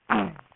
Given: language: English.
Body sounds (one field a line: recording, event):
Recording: throat vibration sensor signal played as sound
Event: throat clearing